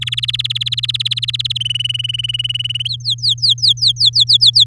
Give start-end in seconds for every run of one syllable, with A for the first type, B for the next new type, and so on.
0.01-1.58 A, 1.60-2.88 B, 2.89-4.64 C